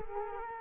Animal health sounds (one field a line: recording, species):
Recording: mosquito wingbeat signal from an infrared sensor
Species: Culex quinquefasciatus